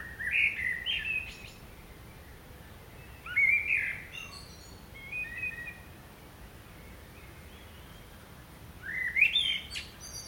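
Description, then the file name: Common blackbird song: several short fluty phrases, some rising, with thin high twitters trailing after, separated by pauses of a few seconds. "Turdus merula"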